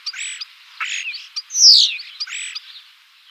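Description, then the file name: Common starling song: a varied medley of high whistles, clicks and rattling notes, with a bright descending whistle near the middle and short sharp clicks between phrases. "star vogel gesang"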